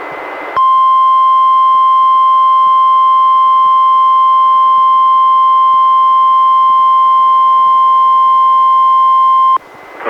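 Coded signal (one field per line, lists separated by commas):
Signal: Emergency Alert System (SAME) tones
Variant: 1050 Hz attention tone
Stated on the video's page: NWR required weekly test relayed by the Astoria transmitter, recorded from a Reecom R-1630 weather radio through a Zoom H1 recorder.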